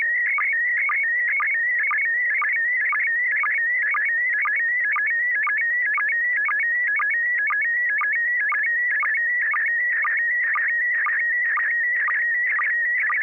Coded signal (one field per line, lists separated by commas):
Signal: SSTV (slow-scan television)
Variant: PD 120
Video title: N6NA SSTV Net - 05/12/2021